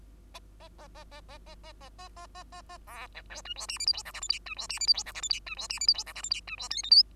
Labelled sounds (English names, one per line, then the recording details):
Bengalese Finch song
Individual Bird2